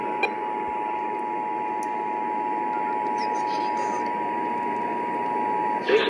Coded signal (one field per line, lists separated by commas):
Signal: Emergency Alert System (SAME) tones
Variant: 853 and 960 Hz attention tone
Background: speech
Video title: EAS Alerts from mid July-early August 2026 (EAS 230-239)